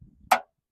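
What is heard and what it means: In the engine bay of a Honda Odyssey RB1 with an unusual engine-bay noise, a plastic push-in retaining clip that holds a hose is pressed by hand into its mounting hole. After faint low rumbling, one sharp, bright click is heard at 0.3 seconds. The clip snaps in and is seated fast.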